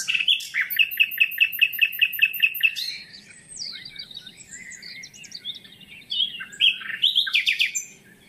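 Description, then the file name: Common nightingale song opening with a fast series of repeated throaty notes, then varied chirps, whistles and a final rattling burst. "Luscinia megarhynchos"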